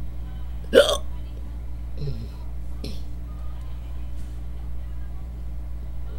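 An adult's induced hiccups: one sharp, loud hiccup early on, then two fainter catches, over a steady low hum.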